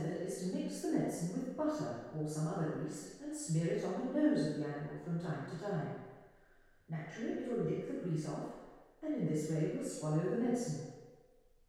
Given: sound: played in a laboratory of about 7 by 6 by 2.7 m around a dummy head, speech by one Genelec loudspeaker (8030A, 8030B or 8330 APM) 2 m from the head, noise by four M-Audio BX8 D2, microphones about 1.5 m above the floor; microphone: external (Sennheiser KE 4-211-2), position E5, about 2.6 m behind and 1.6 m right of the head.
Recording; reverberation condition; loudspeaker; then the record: female speech in English; high; 150 degrees to the left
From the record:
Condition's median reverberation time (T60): about 1300 ms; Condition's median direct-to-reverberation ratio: about -4.0 dB